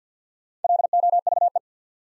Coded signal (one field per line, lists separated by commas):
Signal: Morse code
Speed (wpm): 48 wpm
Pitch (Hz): 700 Hz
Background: none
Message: LOVE